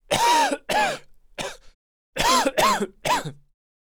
Adult Male Coughing.